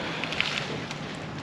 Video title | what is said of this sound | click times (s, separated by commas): HT Holden V8 Swap, We install the V8 | Click. Yep. Nice. That won't come on. Did you hear that click, Brad? | 0.4 s